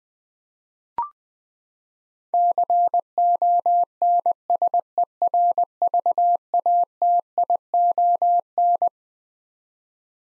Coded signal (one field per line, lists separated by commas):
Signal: Morse code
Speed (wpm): 21 wpm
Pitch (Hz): 700 Hz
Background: none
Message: CONSERVATION